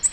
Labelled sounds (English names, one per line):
Nashville Warbler flight call